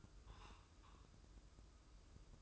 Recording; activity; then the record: daily activity, microphone in the room; take from stove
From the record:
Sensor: 2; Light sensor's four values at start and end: 22/73/29/27 and 22/73/29/27